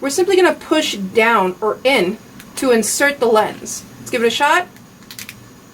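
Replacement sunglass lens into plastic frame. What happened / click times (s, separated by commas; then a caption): Lens handled and pressed toward the frame, not yet seated / none. Someone talks while a new blue replacement lens for Oakley Big Taco sunglasses is lined up with the groove of the plastic frame and pushed down or in to insert it. Faint handling sounds follow near the end, but nothing has seated or clicked yet.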